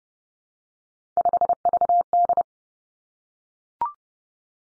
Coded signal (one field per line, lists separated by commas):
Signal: Morse code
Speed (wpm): 30 wpm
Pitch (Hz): 700 Hz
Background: none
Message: 5VD